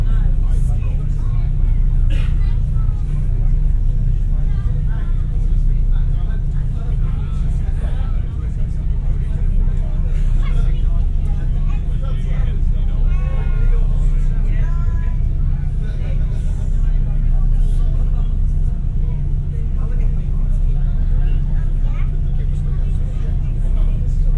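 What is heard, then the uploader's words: Aboard a ferry from Ryde to Portsmouth, a deep, steady engine rumble fills the whole stretch without letting up. Voices talk over it throughout, with brief clearer bits of speech around the middle and a few faint clicks and knocks. Crossing the Solent on Wightlink's Fastcat Catamaran service. I travel on Wightlink’s Wight Ryder 2 ferry from Ryde to Portsmouth, on the south coast of Great Britian. Binaural.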